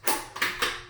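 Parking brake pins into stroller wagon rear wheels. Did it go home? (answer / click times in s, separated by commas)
yes / 0.1 s, 0.4 s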